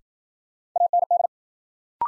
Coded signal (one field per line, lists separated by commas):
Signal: Morse code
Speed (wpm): 53 wpm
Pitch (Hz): 700 Hz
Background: none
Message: AND